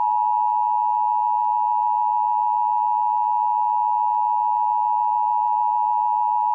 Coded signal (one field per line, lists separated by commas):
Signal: Emergency Alert System (SAME) tones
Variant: 853 and 960 Hz attention tone